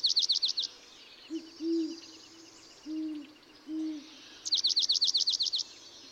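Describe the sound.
Dark-eyed junco song: two short, rapid trills of sweeping notes about four seconds apart, with low soft hooting notes between them.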